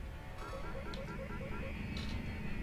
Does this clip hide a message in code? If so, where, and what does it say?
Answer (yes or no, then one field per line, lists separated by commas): no